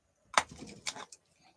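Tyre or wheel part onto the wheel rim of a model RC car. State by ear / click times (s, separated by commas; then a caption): seated / 0.4 s. A plastic/rubber tyre or wheel part is pushed home onto the wheel rim while fitting wheels and tyres on a Tamiya Hornet model RC car kit, giving a sharp, bright click at 0.4 s, followed by a softer tap at 0.9 s. The part seats with a nice click.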